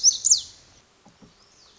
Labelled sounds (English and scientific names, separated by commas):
Lazuli Bunting (Passerina amoena)